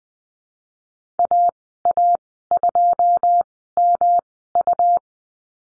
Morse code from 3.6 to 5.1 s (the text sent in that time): M U